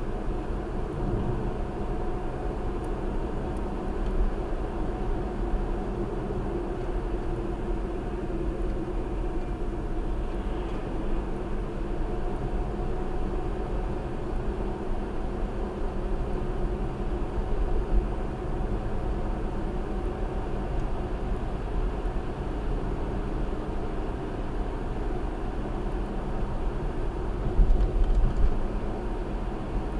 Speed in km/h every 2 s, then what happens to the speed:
71, 72, 72, 71, 63, 63, 72, 72, 72, 72, 76, 76, 74, 72, 74.
0-5 steady at about 72. 5-9 slows to 63. 11-13 speeds up to 72. 13-30 steady at about 72.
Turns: none.